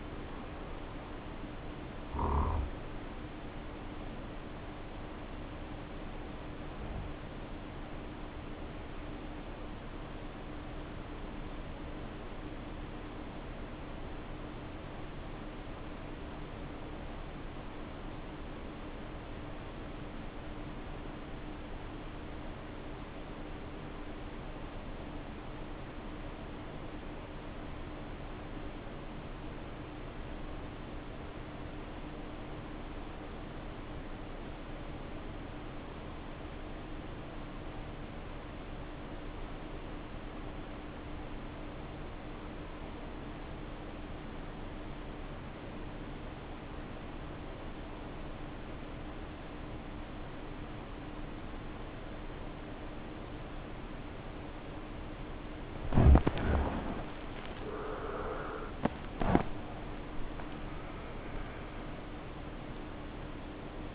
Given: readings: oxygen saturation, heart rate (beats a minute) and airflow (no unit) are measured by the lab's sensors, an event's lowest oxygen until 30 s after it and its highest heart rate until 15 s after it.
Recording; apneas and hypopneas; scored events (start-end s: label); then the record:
breathing in sleep by a voice recorder at the bedside; 1
10.00-58.70 s: obstructive apnea (REM, oxygen 93% highest, then 66% lowest, heart rate 65 at the start, 88 highest)
28.00-58.00 s: new sleep stage, N1 (lightest sleep)
58.00-63.95 s: new sleep stage, REM sleep
From the record:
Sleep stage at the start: REM sleep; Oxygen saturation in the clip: 66 to 93%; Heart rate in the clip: 60 to 87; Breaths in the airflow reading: 5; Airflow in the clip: -9.6 to 11.2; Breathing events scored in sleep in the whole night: 520 in 7.2 hours asleep